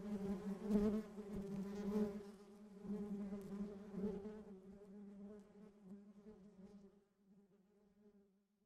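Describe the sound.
Bees humming in a steady drone that gradually quietens and thins out, fading almost to silence by the end.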